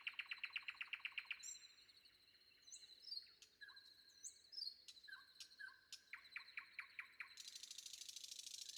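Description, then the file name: Common nightingale singing: a fast rattled phrase, varied whistles and chirps, a series of clicking notes, ending in a hissing buzzy trill. Sung before dawn. "predawn nightingale"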